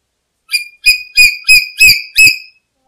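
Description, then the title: Black-capped lory producing six quick, harsh whistled calls in a tight series, some with a low thumping underneath. "Nuri merah kepala hitam"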